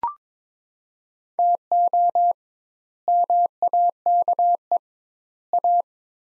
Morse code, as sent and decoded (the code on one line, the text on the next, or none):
- --- / -- .- -.- . / .-
TO MAKE A